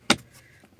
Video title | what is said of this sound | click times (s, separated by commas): Glove Box Sound Problem Solved in Datsun Redi Go | अभी बिल्कुल lock हो गया ना, ये देखो। | 0.1 s